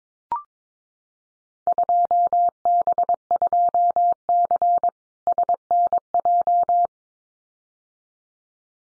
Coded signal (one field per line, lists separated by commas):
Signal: Morse code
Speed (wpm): 22 wpm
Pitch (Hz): 700 Hz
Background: none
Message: 2B2C SNJ